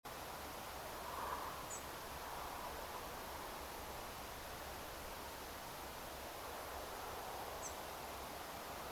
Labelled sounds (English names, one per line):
European Robin
unidentified sound